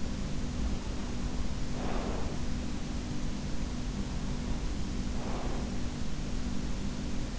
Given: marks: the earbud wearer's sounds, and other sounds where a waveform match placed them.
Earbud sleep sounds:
sounds in sleep by an in-ear microphone; breath
1.22-2.80 s: breath
4.41-6.34 s: breath

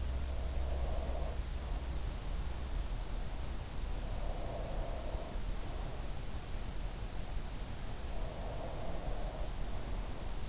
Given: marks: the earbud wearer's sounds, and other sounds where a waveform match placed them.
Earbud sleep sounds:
sounds in sleep by an in-ear microphone; breath
0.00-2.46 s: breath
3.83-6.56 s: breath
8.12-10.48 s: breath

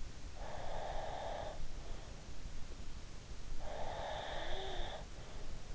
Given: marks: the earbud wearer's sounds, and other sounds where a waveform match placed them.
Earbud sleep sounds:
sounds in sleep by an in-ear microphone; breath, snoring breath
0.45-2.17 s: breath
3.52-5.16 s: snoring breath

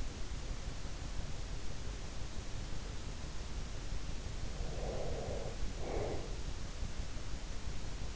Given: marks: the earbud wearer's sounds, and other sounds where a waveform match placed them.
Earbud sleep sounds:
sounds in sleep by an in-ear microphone; breath
4.49-6.43 s: breath

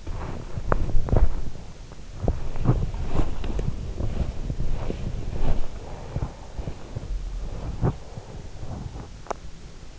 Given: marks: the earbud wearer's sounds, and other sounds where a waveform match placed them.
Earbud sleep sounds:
sounds in sleep by an in-ear microphone; body movement
0.00-9.50 s: body movement

